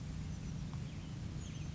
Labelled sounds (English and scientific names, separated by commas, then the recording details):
Oak Titmouse (Baeolophus inornatus)
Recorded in Sonoma County, California